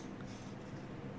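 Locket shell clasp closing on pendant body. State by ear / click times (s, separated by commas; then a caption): not seated / none. An expanding ball photo locket is folded back up while its metal clasp on the angel wing shell is handled toward closing onto the pendant body. Only steady, low rustling handling noise is heard for about 1.3 seconds. Nothing has seated or clicked yet.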